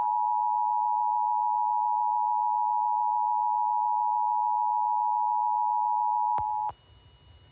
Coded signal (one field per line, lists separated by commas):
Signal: Emergency Alert System (SAME) tones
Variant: 853 and 960 Hz attention tone